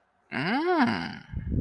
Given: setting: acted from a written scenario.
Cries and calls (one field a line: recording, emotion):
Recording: vocal sound without words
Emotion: interest